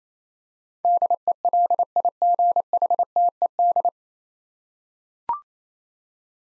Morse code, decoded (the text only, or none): DELIGHTED